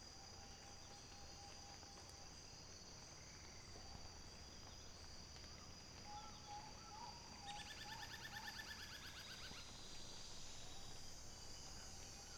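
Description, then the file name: Bird makes soft low whistled notes, then a quick two-second series of repeated stacked notes, over a constant high-pitched insect hum. "SABIOD 50 bird 2015"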